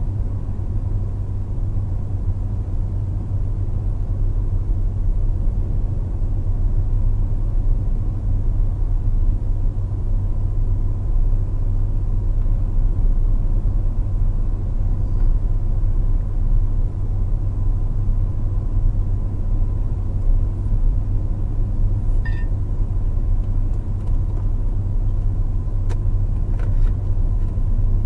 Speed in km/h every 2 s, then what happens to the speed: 127, 129, 127, 127, 127, 129, 129, 127, 129, 127, 127, 127, 127, 129.
0-28 steady at about 127.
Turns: none.